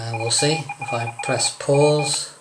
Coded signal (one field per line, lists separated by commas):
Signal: Morse code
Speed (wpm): 36 wpm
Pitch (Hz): 810 Hz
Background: speech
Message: SMELL AT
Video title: Free Android Morse Code reader app - RX Beta 1.1